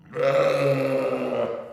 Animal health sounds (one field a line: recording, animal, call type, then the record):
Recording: contact call of a hoofed animal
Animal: sheep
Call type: low-frequency (closed-mouth) or high-frequency (open-mouth) call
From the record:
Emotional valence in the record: negative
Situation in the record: short social isolation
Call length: 1.73 s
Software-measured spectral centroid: 1750 Hz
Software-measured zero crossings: 1250 a second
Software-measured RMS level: -23 dBFS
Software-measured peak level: -10 dBFS